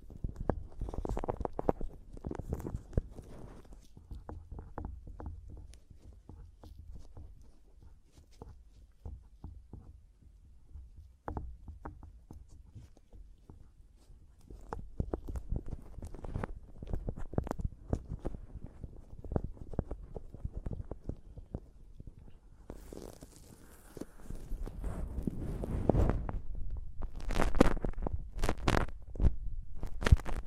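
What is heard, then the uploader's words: Mic tapping and scratching in quick, uneven bursts of dull thumps and scrapes, growing busier and louder with brighter scratches after about 23 seconds. ASMR Mic Tapping and Scratching (No Talking).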